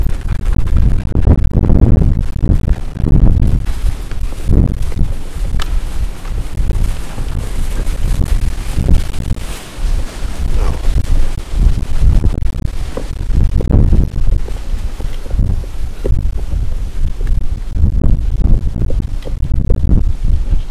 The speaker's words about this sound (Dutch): Ja, de wind is ook nog steeds aanwezig. Nou ja, dat is veel wind, zoals je hoort.